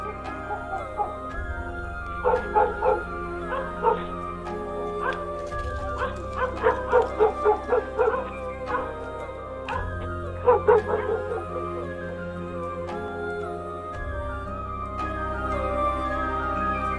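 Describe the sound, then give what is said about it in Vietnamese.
Several village dogs bark in irregular, overlapping bursts of rapid yaps, some loud and sharp, with quieter pauses between, over a steady low hum in the background. “Thỉnh thoảng, ở trong xóm vang lên tiếng chó cắn ma cắn ca cắn cẩm.”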